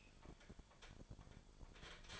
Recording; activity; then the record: daily activity, microphone in the room; open fridge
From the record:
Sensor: 5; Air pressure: 1007.9 hPa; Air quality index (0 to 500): 98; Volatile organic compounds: 1 ppm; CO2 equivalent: 768 ppm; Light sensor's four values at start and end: 41/95/40/41 and 42/96/41/42